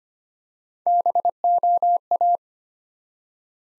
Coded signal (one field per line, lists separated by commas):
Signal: Morse code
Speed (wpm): 25 wpm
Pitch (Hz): 700 Hz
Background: none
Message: BOA